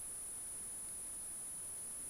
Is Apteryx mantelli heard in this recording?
no